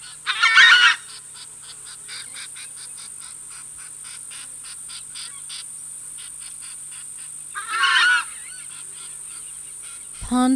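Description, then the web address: Southern screamer calling twice with loud, harsh honks far apart, with faint regular ticking in the gap between them. "crestedscreamer"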